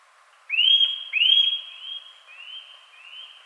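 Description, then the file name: Eurasian nuthatch giving a rapid series of upslurred whistles, two loud then three fading ones at a quick pace. "Sitta europaea"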